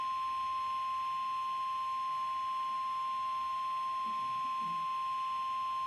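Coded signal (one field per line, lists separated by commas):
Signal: Emergency Alert System (SAME) tones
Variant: 1050 Hz attention tone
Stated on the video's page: Compilation of Required Weekly and Monthly EAS tests recorded from several broadcast stations.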